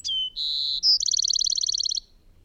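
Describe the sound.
Bird song phrase: a downslurred whistle, a held high tone, a bright short note, then a quick rattling trill of many even pulses.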